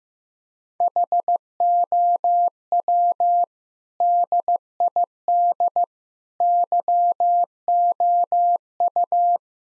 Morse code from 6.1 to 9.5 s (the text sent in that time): YOU